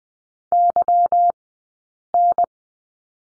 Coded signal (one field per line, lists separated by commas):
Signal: Morse code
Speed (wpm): 20 wpm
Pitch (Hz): 700 Hz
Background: none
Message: YN